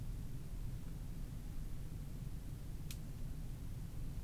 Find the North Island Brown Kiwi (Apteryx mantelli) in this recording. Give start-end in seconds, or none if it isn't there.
none